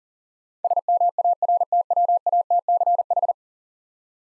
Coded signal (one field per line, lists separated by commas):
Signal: Morse code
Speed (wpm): 44 wpm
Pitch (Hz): 700 Hz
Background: none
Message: SMARTWATCH